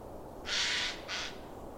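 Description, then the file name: Eurasian jay calling with a rough, tearing screech followed quickly by a second, shorter rasp, against faint low background noise. "Garrulus glandarius"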